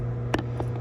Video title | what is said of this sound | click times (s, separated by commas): KUBOTA CONNECT 2021 | and then also clicks and it's kind of hard to see | 0.3 s, 0.6 s